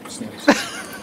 Someone just coughed Antifa in the middle of this.